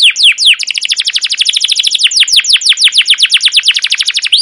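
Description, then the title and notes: Canary song made of a rapid, sustained series of downward-sweeping chirps, repeated several times a second. Long chattering 'cuit cuit ngerol' canary song used as a lure or master recording to train young canaries to sing. "CUIT CUIT NGEROL LANGSUNG GACOR PANJANG Kenari Ini AMPUH Utk Pancingan KENAR. PANCINGAN Kenari GACOR PANJANG Cuit CUIT EMOSI ini AMPUH utk MASTERAN Kenari PAUD belajar BUNYI. burung kenari"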